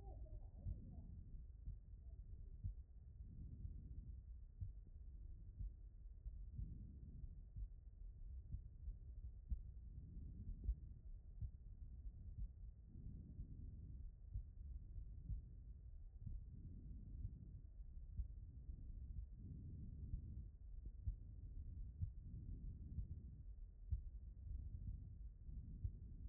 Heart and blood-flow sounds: heart sounds by stethoscope; pulmonary valve (PV)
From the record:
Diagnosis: non-HFrEF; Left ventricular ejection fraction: 52%

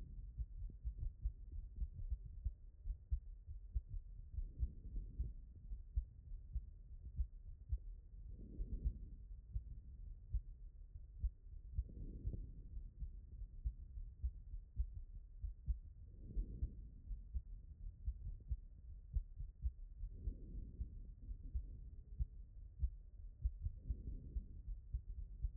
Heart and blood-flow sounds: heart sounds by stethoscope; aortic valve (AV)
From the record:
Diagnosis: HFrEF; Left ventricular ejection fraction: 23%

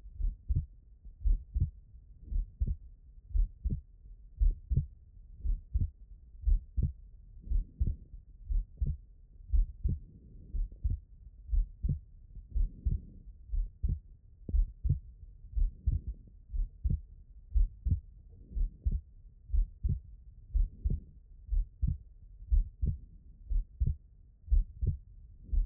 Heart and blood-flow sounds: heart sounds by stethoscope; pulmonary valve (PV)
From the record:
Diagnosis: non-HFrEF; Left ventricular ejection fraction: 63%

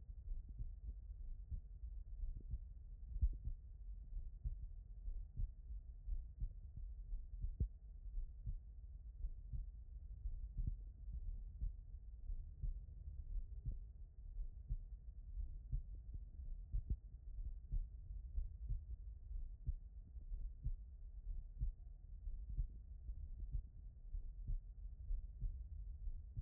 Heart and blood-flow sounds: heart sounds by stethoscope; tricuspid valve (TV)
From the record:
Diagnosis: non-HFrEF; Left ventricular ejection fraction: 76%

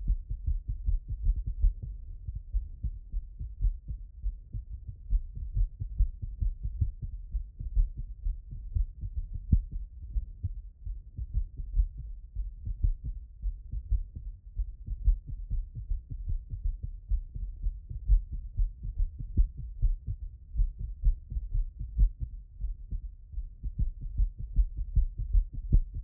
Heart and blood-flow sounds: heart sounds by stethoscope; tricuspid valve (TV)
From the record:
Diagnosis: non-HFrEF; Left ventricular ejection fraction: 41%

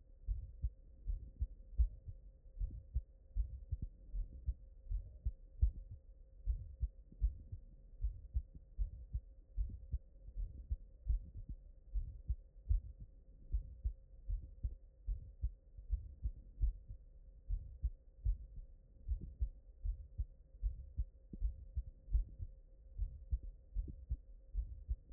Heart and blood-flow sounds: heart sounds by stethoscope; mitral valve (MV)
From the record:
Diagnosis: non-HFrEF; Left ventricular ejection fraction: 64%

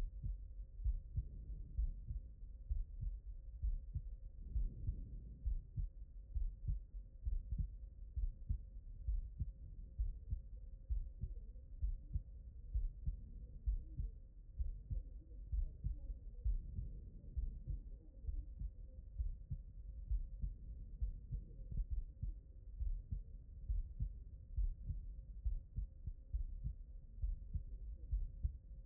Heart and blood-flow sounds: heart sounds by stethoscope; aortic valve (AV)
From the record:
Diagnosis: non-HFrEF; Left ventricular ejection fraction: 70%

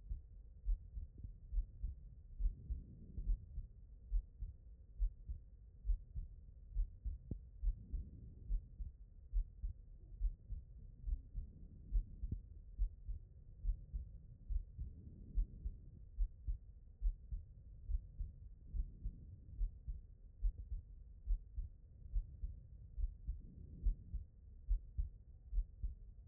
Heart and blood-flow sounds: heart sounds by stethoscope; pulmonary valve (PV)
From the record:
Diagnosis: non-HFrEF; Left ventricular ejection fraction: 64%

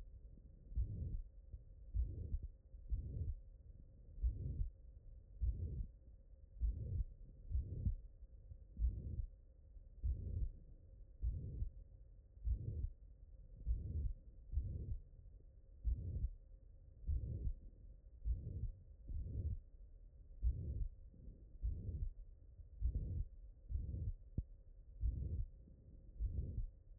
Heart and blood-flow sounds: heart sounds by stethoscope; mitral valve (MV)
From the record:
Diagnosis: non-HFrEF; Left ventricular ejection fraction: 69%

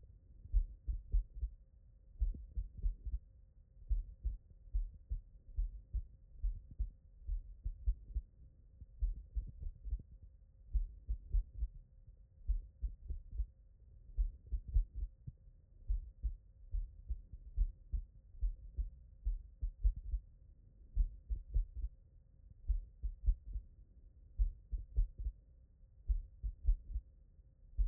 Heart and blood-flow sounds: heart sounds by stethoscope; tricuspid valve (TV)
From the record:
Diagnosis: non-HFrEF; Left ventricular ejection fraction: 75%

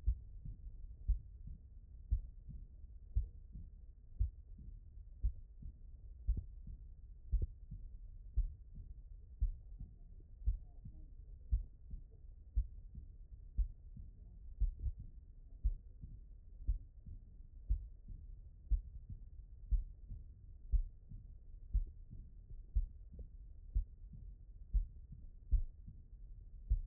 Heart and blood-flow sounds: heart sounds by stethoscope; pulmonary valve (PV)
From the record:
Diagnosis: non-HFrEF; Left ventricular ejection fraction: 63%

